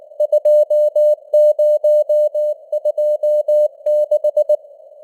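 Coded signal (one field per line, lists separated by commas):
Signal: Morse code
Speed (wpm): 19 wpm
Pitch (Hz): 600 Hz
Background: none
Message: 2026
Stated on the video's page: Morse news headlines at 19wpm with simulated radio noise and varying signal strength (QSB).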